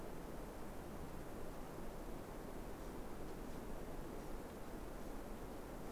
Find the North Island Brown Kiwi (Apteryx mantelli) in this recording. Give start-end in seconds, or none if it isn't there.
none